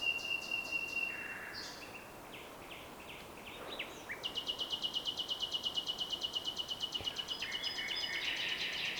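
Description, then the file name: Common nightingale song: varied whistles and clicks, then a long, fast, evenly pulsed series of notes, ending in scratchy phrases. "Luscinia megarhynchos"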